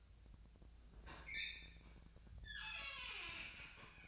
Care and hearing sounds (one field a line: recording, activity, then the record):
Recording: daily activity, microphone in the room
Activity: open fridge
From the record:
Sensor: 2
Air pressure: 1009.5 hPa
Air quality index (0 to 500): 186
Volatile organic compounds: 11 ppm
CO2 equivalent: 2314 ppm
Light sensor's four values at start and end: 23/57/25/27 and 23/57/24/26